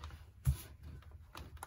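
The plastic bottom cover of an MSI Katana 15 B13V laptop is being pressed back onto the chassis around its edges after a charge port wire replacement, so its retaining clips can snap in. Soft handling and tapping noises are heard, with a louder dull thump around 0.5 s and lighter taps near 1.4 s and 1.6 s. Nothing has seated or clicked into place yet.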